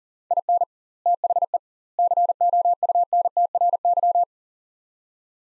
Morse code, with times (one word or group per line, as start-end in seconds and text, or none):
0.3-0.6 IN
1.1-1.6 THE
2.0-4.2 COUNTRY